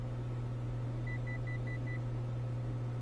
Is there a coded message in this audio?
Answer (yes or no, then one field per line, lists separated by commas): no